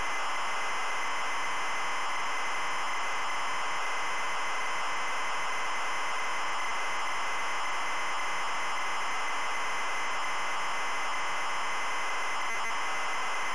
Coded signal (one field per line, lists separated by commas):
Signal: ZX Spectrum tape loading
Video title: ZX SPECTRUM Loading AirWolf Elite Systems Ltd. 1984